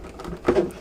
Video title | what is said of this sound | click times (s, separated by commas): A nice clean installation! Sharing ViaBecs Rotating 360° Android car stereo with you. | it'll snap into place all right so there it is i slid it back on | 0.5 s